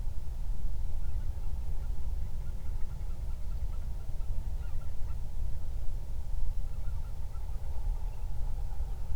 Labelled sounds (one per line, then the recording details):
waterfowl
wind
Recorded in the Prudhoe Bay oil fields, Alaska, on 31 July 2019 at 08:40
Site 24